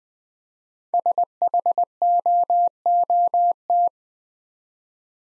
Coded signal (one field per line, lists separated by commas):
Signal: Morse code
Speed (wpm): 20 wpm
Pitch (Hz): 700 Hz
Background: none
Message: SHOOT